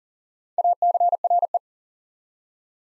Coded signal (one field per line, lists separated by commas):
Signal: Morse code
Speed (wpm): 40 wpm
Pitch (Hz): 700 Hz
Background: none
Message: ACRE